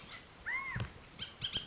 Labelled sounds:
Bullock's Oriole (Icterus bullockii)

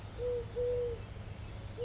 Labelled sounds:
Eurasian Collared Dove (Streptopelia decaocto)

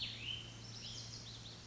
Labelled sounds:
Cassin's Vireo (Vireo cassinii)

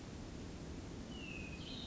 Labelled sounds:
Hermit Thrush (Catharus guttatus)

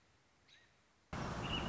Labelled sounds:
American Robin (Turdus migratorius)

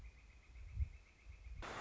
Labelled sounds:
Northern Flicker (Colaptes auratus)

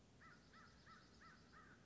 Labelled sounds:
American Crow (Corvus brachyrhynchos)

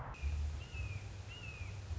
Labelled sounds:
Red-shouldered Hawk (Buteo lineatus)

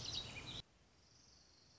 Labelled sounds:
Orange-crowned Warbler (Leiothlypis celata)

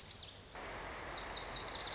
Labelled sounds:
Lazuli Bunting (Passerina amoena)

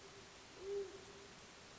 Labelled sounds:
Great Horned Owl (Bubo virginianus)

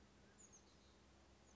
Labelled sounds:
Oak Titmouse (Baeolophus inornatus)

